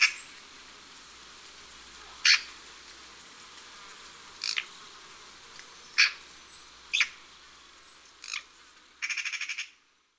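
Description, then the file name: Eurasian magpie uttering scattered single harsh chack notes at uneven intervals, ending with a brief rapid rattling chatter near the close. "Pie bavarde"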